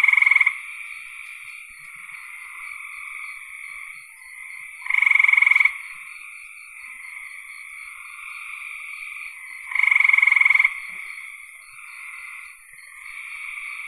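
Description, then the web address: Frog call, loud pulsed trills repeated roughly every five seconds, each lasting under a second, above a constant chorus of trilling frogs. "cn frogs"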